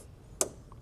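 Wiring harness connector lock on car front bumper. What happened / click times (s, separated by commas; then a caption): The connector lock tab clicked open / 0.4 s. The plastic locking tab on a wiring harness connector on the front bumper of a Model Y Juniper Premium is pulled back out with a trim tool so the connector can be unplugged. One sharp click is heard at 0.4 s, followed by faint ticks near 0.7 and 0.9 s. The lock tab clicks open and the connector is released.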